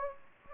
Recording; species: mosquito wingbeat signal from an infrared sensor; Anopheles gambiae